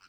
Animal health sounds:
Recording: pig call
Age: piglet (1 to 25 days)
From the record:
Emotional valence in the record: positive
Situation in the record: short reunion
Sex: female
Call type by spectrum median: high-frequency call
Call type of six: low-frequency tonal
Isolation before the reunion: 3 minutes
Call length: 0.09 s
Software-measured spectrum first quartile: 1407 Hz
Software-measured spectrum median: 2534 Hz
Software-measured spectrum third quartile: 4620 Hz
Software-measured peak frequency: 1412 Hz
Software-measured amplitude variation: 77 dB a second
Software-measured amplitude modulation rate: 5.7 a second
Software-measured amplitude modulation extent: 13.6 dB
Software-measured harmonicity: 2.2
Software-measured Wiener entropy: -1.48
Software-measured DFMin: 1330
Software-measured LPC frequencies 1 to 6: 1411, 2561, 2783, 4217, 5214, 5812 Hz

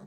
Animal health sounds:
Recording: pig call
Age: piglet (1 to 25 days)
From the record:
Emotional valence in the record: negative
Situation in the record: long isolation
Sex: male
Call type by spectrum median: low-frequency call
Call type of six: low-frequency modulated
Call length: 0.07 s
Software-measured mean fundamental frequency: 50 Hz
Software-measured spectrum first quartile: 188 Hz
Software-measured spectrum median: 280 Hz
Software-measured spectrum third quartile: 673 Hz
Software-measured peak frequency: 199 Hz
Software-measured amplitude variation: 24 dB a second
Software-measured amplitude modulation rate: 7.2 a second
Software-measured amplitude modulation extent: 3.3 dB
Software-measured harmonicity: 5.2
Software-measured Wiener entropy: -0.32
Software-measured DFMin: 1546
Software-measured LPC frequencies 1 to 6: 3948, 6205, 8020, 9280, 11201, 11629 Hz

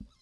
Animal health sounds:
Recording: pig call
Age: piglet (1 to 25 days)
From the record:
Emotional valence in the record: positive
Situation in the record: short reunion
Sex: female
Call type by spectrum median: low-frequency call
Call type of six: mixed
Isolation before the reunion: 3 minutes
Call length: 0.22 s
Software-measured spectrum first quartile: 84 Hz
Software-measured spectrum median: 194 Hz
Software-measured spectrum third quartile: 431 Hz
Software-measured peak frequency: 205 Hz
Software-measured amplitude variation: 138 dB a second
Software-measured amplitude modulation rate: 11.3 a second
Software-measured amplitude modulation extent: 12.2 dB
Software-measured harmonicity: -3.5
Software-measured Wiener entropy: 1.04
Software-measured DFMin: 829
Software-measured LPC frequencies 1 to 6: 217, 1286, 2243, 3344, 3966, 5193 Hz

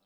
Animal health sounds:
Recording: pig call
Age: piglet (1 to 25 days)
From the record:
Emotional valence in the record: positive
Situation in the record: short reunion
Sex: male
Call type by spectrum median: low-frequency call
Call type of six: low-frequency tonal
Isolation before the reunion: 3 minutes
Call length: 0.06 s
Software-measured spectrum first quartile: 458 Hz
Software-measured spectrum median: 1959 Hz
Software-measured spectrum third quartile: 6987 Hz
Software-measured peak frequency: 191 Hz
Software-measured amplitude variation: 18 dB a second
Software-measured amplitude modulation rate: 7.8 a second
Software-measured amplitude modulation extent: 2.3 dB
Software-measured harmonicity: 4.1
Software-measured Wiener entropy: -2.08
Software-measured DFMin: 611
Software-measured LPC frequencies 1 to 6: 555, 1263, 3312, 3918, 5290, 6419 Hz

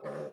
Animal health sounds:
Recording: pig call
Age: piglet (1 to 25 days)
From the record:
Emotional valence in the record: negative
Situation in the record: restrain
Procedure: in the arms of a person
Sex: male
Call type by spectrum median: low-frequency call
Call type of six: low-frequency stable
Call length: 0.33 s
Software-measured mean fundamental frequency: 51 Hz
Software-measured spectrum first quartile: 392 Hz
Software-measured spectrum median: 534 Hz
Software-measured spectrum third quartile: 767 Hz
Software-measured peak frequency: 525 Hz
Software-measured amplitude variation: 119 dB a second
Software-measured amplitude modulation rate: 22.7 a second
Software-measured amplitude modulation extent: 5.2 dB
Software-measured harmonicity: 3.0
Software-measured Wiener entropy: -0.35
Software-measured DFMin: 836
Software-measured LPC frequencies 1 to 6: 522, 1149, 1750, 3496, 4360, 5312 Hz

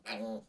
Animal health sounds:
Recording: pig call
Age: piglet (1 to 25 days)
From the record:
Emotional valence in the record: negative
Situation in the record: restrain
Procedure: back test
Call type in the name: low-frequency call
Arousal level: maximum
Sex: male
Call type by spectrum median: low-frequency call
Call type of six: low-frequency stable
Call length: 0.49 s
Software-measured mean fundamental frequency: 59 Hz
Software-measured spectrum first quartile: 420 Hz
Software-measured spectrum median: 950 Hz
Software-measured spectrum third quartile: 3121 Hz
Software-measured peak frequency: 555 Hz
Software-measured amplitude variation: 161 dB a second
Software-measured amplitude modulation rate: 12.2 a second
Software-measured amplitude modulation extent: 13.3 dB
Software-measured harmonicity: 1.6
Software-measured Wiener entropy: -2.89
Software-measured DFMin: 849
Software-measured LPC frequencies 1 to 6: 569, 1604, 2445, 4143, 4835, 6376 Hz

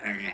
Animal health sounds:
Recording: pig call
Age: piglet (1 to 25 days)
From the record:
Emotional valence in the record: negative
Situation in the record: restrain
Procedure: sham castration, fixation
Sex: male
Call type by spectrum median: low-frequency call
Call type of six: low-frequency tonal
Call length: 0.33 s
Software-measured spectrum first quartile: 454 Hz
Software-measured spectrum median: 1625 Hz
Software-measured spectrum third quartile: 2122 Hz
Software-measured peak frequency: 1972 Hz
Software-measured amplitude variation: 132 dB a second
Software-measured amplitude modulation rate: 19.5 a second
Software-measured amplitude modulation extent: 6.8 dB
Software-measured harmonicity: 3.8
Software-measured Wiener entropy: -1.24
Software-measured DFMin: 1040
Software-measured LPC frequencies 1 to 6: 2094, 3895, 5280, 7598, 8415, 9581 Hz

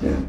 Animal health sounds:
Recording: pig call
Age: growing-finishing pig (85 days or more)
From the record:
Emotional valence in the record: negative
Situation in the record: barren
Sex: female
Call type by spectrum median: low-frequency call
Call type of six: low-frequency stable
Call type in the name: low-frequency stable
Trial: 3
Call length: 0.29 s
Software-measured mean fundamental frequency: 52 Hz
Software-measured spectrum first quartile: 133 Hz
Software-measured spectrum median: 258 Hz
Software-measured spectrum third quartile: 424 Hz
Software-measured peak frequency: 271 Hz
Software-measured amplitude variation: 131 dB a second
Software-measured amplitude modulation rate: 28.8 a second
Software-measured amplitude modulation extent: 4.5 dB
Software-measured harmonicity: -0.5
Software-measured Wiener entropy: -0.73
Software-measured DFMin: 638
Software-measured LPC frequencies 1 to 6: 371, 1662, 2427, 3461, 4177, 4712 Hz

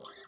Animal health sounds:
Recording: pig call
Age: piglet (1 to 25 days)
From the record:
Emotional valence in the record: negative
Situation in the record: long isolation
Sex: male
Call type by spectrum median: high-frequency call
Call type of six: mixed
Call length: 0.28 s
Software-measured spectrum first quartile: 948 Hz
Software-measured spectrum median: 2592 Hz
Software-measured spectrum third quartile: 5102 Hz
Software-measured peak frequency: 1060 Hz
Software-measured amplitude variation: 107 dB a second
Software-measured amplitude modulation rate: 17.7 a second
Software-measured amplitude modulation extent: 6.0 dB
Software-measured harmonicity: 2.6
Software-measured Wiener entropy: -2.57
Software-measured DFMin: 991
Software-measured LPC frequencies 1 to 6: 480, 1211, 1876, 3273, 3632, 5352 Hz

